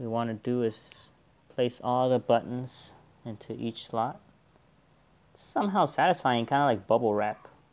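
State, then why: Not seated. A button pad and case half are handled while being fitted back into the housing of a TV remote control during reassembly, as someone talks in bursts separated by quiet pauses. Nothing has seated or snapped into place yet by the end of the clip.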